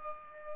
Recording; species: mosquito wingbeat signal from an infrared sensor; Culex pipiens